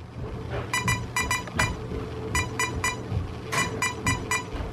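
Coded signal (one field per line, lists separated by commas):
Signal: beep code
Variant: Castle Creations ESC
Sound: several short buzzy beeps in small groups, with pauses between groups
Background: low background hum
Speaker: and that is now doing three beeps followed by four beeps meaning of the braking power is set on a hundred percent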